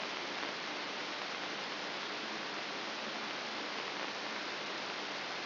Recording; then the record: brain microelectrode recording played as sound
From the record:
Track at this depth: inside the subthalamic nucleus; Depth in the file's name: 3.502 mm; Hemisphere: left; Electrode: 3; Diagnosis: Parkinson's disease